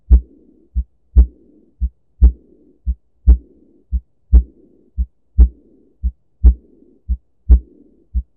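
Regular heart sounds at about 57 beats a minute from a heart sound simulator, with a soft, blowing murmur starting right after the loud second sound and fading through diastole before the next first sound. This is the early diastolic murmur of aortic regurgitation, caused by blood leaking back through the aortic valve.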